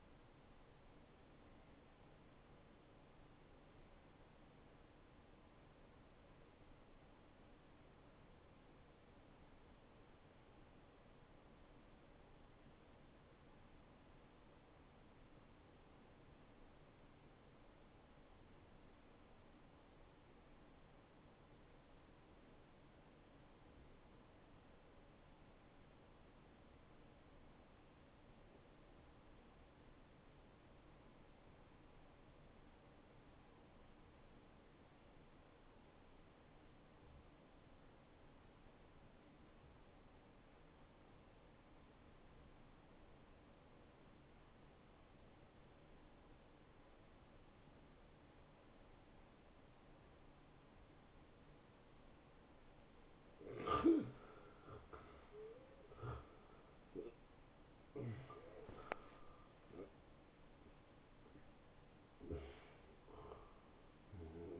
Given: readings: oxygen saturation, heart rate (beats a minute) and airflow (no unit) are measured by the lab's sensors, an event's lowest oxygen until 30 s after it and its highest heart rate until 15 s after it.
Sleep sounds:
breathing in sleep by a voice recorder at the bedside; 1
4.00-34.00 s: new sleep stage, N1 (lightest sleep)
5.00-54.40 s: hypopnea (N1, oxygen 94% highest, then 79% lowest, heart rate 80 at the start, 88 highest)
34.00-64.60 s: new sleep stage, N2 (light sleep)
From the record:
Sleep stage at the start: N2 (light sleep); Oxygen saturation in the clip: 80 to 94%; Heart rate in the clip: 71 to 85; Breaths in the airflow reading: 8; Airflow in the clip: -23.8 to 12.2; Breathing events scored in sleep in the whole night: 263 in 5.5 hours asleep

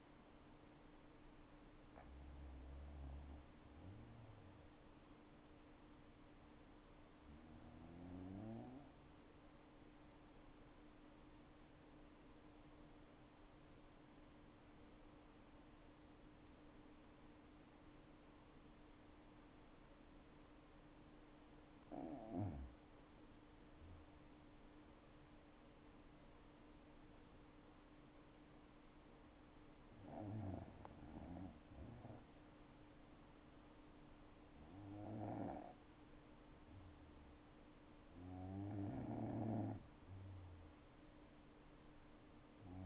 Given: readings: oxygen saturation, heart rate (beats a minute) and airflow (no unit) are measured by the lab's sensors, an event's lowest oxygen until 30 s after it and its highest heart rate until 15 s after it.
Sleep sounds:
breathing in sleep by a voice recorder at the bedside; 1
9.00-23.00 s: hypopnea (N2, oxygen 96% highest, then 93% lowest, heart rate 57 at the start, 70 highest)
From the record:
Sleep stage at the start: N2 (light sleep); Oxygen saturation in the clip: 93 to 96%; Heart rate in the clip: 57 to 70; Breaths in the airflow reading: 6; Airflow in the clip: -6.4 to 11.2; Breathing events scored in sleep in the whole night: 228 in 5.4 hours asleep

